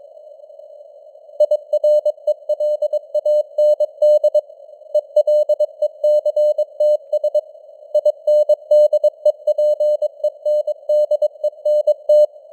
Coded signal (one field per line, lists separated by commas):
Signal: Morse code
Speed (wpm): 22 wpm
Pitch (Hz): 600 Hz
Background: none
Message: IRELAND ELECTS INDEPENDENT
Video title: Morse Code News | 2025-10-26 | 22wpm